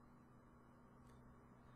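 A small proximity sensor module is wiggled over little prongs to sit flush in the frame of a Huawei Valiant smartphone during reassembly after a screen replacement. Only a low, steady background hum is heard, with a brief faint hiss near 1.1 s. Nothing has seated or clicked yet.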